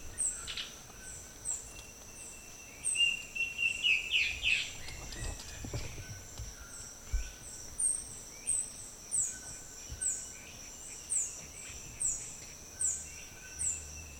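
Guianan warbling antbird giving a brief series of whistled notes against a regularly pulsing insect chorus.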